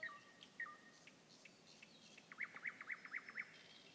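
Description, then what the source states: Nightingale song: two brief slurred notes, then a steady series of five loud repeated chirps. Song recorded 21 May 2016.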